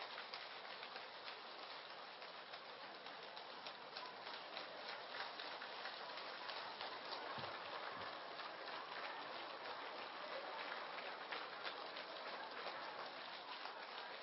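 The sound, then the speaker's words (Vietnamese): Sustained applause from a large audience welcoming the teacher into the lecture hall for a Buddhist dharma talk: a dense, steady crackle of many hands clapping at once that holds at an even level for the whole stretch, with no voices heard. “Sau 2 tháng chờ mong, xin các vị cho một tràng pháo tay để cung đón Thầy quang lâm giảng đường.”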